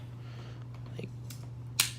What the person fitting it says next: there we go you can hear it click anyways